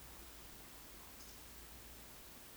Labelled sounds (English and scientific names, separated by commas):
Eurasian Woodcock (Scolopax rusticola) whistle, Eurasian Woodcock (Scolopax rusticola) croak